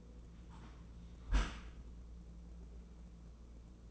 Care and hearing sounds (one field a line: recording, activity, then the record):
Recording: daily activity, microphone in the room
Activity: close dishwasher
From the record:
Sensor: 1